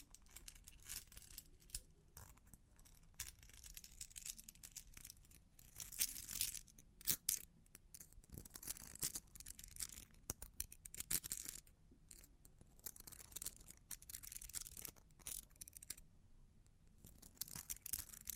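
Long claws tap and scratch in irregular bursts of sharp, bright clicks and scrapes, densest around six to seven seconds, with brief pauses between.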